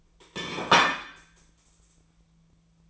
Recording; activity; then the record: daily activity, microphone in the room; place plate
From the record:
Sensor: 1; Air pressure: 1009.4 hPa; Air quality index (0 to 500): 195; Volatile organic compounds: 19 ppm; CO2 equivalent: 2669 ppm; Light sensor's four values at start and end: 28/73/30/36 and 28/72/30/36